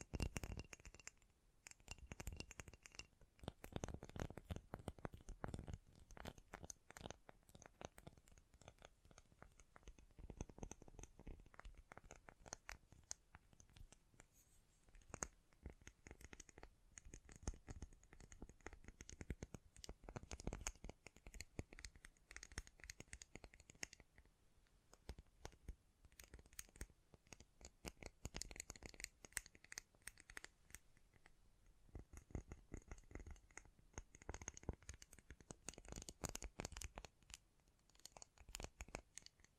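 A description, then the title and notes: Tapping sounds arrive in dense, irregular bursts of sharp clicks and scratchy crinkles, with brief quieter gaps around eleven, thirty-two and thirty-seven seconds. ASMR Great Tapping Sounds for Sleep (No Talking).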